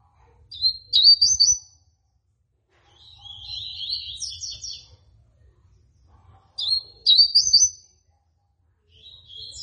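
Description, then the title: Seedeater alternating loud sharp high phrases with softer rolling twitters, faint low hum behind. Tui tui song style; bird described as 'fibra'. "COLEIRO DE GOLA TUI TUI FIBRA"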